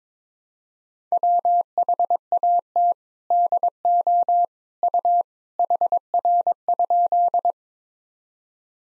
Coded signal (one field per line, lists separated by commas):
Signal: Morse code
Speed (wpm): 22 wpm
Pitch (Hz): 700 Hz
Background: none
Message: WHAT DO U HR?